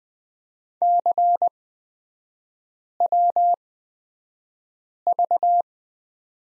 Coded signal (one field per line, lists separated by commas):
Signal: Morse code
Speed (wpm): 20 wpm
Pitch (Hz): 700 Hz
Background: none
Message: CWV